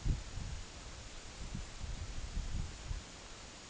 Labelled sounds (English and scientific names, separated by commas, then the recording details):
none
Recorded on Arctic tundra, site EABA-MC, on 24 June 2019
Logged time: 12:00